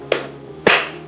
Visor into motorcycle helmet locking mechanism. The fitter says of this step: दबा दो और ये लॉक हो जाएगा।